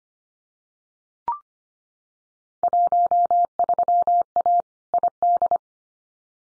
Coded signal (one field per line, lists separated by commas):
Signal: Morse code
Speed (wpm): 25 wpm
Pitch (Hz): 700 Hz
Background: none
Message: 13A ID